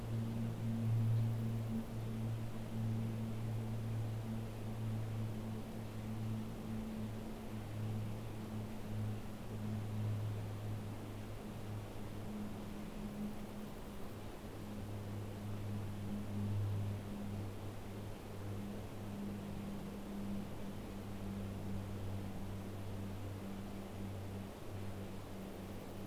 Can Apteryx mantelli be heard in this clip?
no